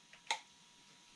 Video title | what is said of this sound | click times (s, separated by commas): Repair Shure SM57 & Beta58a Mics | and see if I can there we go snap it | 0.3 s